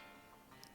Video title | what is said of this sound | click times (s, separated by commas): Novamos perfume smartwatch S2 /S1 - Unboxing - How too - Features Review - | I heard it click and | 0.6 s